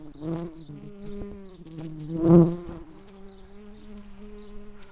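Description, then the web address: White-tailed bumblebee buzzing: a low steady hum with rich overtones that swells to a louder burst midway, then settles back to an even drone. Workers. "bumblebees Lucorum-workers"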